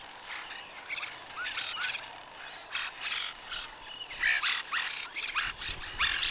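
Bird giving harsh calls in short bursts, mixed with a few brief chirps and whistled notes.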